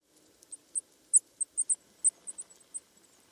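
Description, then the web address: Bird giving a series of very high, thin chips, about ten short sharp notes at irregular intervals, with little else audible. "cianscape. Deverinetal 2025. Bird Only"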